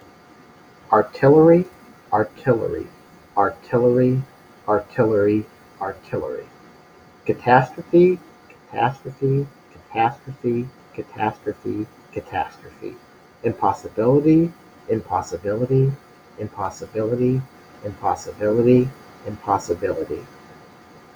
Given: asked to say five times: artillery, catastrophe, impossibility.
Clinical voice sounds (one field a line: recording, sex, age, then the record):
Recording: three words, each repeated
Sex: male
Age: 30 to 39 years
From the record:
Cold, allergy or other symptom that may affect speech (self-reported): no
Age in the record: 36 years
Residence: Ohio, United States